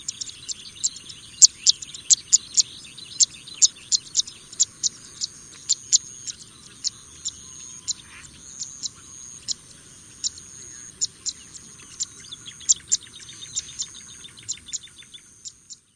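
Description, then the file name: Pipit uttering quick, thin high chirps, irregularly spaced, over a steady shrill drone that fades at the end. "kicau burung apung omkicau"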